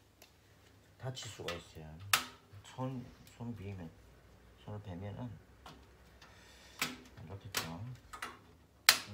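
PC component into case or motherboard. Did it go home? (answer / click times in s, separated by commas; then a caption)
yes / 8.9 s. A PC component is pressed into place in a case or on a motherboard while someone talks, with scattered small handling clicks. At 8.9 s it snaps home with one loud, sharp click, showing it is seated.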